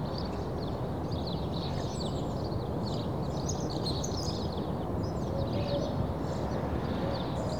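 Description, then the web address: Mixed bird song with quick high chirps and short trills, some overlapping, heard over a continuous low rumble. Early morning birds in a suburban setting. "The BBC Sound Effects Library (Suburbia) Early Morning Suburban Birds"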